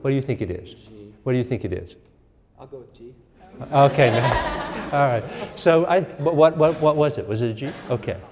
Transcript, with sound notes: What do you think it is? G. What do you think it is? I’ll go with G. Okay. [laughter] All right. So — but what was it? Was it a G? Okay.